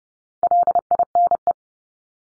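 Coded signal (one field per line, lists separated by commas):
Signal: Morse code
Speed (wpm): 30 wpm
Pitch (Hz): 700 Hz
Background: none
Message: LINE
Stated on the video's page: Morse drill of the 300 most common English words at 30 wpm for head-copy.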